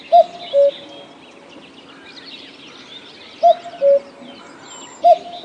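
Cuckoo calling a low two-note cu-coo, the second note lower, given a few times, with faint high chirps of other birds behind.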